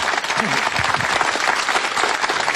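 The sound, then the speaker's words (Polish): Steady audience applause during a Polish Radio Trójka broadcast fills the whole stretch, a dense, even wash of many hands clapping at a constant loudness, with a faint voice briefly audible underneath near the start. “Można brawa teraz, proszę Państwa, bo to bardzo ładne.”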